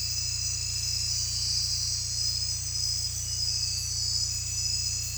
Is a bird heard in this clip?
no